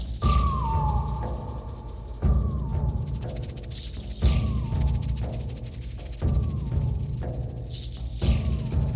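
Slow, regular heavy thuds about every two seconds, roughly 30 per minute, each followed by a faint falling whine over a steady low rumble. It sounds like a deep, processed heartbeat.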